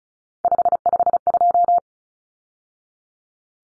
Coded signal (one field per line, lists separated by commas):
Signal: Morse code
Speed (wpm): 34 wpm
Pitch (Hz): 700 Hz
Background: none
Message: 552